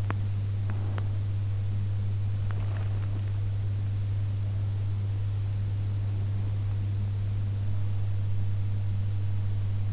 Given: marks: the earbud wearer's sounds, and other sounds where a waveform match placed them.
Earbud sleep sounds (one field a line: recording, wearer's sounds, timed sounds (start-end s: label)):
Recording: sounds in sleep by an in-ear microphone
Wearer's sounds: teeth grinding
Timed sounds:
0.00-1.15 s: teeth grinding
2.30-3.34 s: teeth grinding